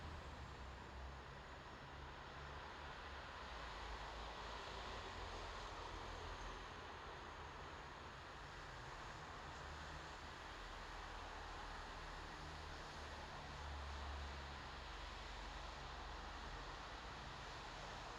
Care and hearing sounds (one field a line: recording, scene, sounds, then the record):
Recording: everyday scene through a hearing-aid microphone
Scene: in traffic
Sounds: traffic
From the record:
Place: bus stop on a city main road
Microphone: in the ear canal, left